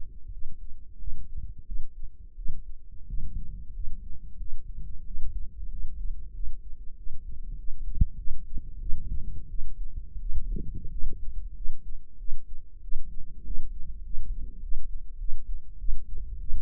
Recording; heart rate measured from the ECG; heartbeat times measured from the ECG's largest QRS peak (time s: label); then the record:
heart sounds by microphone in the right ear; 93 bpm
0.29 s: heartbeat
0.96 s: heartbeat
1.63 s: heartbeat
2.33 s: heartbeat
3.05 s: heartbeat
3.71 s: heartbeat
4.36 s: heartbeat
5.02 s: heartbeat
5.67 s: heartbeat
6.31 s: heartbeat
6.94 s: heartbeat
7.55 s: heartbeat
8.15 s: heartbeat
8.78 s: heartbeat
9.47 s: heartbeat
10.18 s: heartbeat
10.89 s: heartbeat
11.53 s: heartbeat
12.16 s: heartbeat
12.80 s: heartbeat
13.42 s: heartbeat
14.02 s: heartbeat
14.60 s: heartbeat
15.17 s: heartbeat
15.77 s: heartbeat
16.38 s: heartbeat
From the record:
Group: healthy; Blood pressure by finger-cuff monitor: 94/64 mmHg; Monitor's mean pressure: 73 mmHg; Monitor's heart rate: 93 bpm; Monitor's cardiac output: 6.8 L/min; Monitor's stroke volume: 72 mL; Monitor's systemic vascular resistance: 780 dyn s/cm5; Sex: female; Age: 19 years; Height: 163 cm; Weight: 51 kg